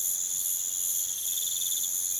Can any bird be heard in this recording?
no